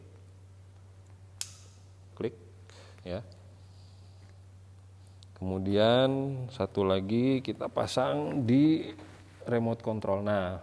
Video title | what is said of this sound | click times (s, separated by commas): Penjelasan Sederhana Pemasangan Rigging Mesin Tempel / Motor Tempel Yamaha | bunyi klik Hai klik ya | 1.4 s